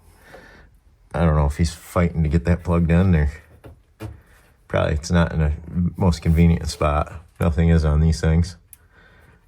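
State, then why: Partly seated. A wiring harness connector is pushed into the back of a 7-inch aftermarket Android radio in a cramped Ride Command dash mount on a Polaris Ranger UTV while someone talks. One short, sharp sound is heard at 8.7 s. The connector looks plugged in, but its latch did not catch and will need more work.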